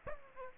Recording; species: mosquito wingbeat signal from an infrared sensor; Aedes aegypti